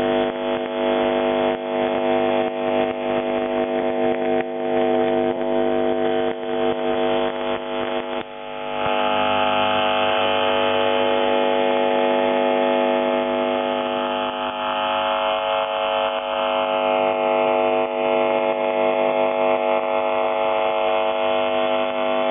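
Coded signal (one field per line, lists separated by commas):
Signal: channel marker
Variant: UVB-76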